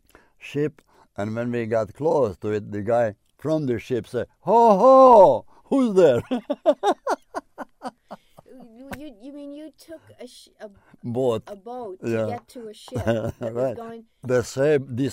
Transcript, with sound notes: ship and when we got close to it, the guy from the ship said, Ho, ho, who's there? (He laughs heartily.)
You mean, you took a boat to get to a ship, that was going?